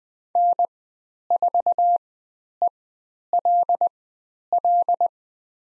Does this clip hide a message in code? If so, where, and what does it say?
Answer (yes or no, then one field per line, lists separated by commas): yes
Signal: Morse code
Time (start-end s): 0.4-5.1 s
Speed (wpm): 20 wpm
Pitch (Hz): 700 Hz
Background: none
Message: N4ELL